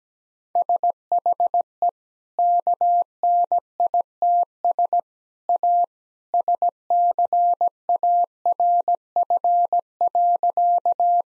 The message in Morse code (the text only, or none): SHE KNITS A SCARF.